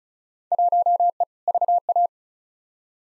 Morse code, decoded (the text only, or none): 1E VA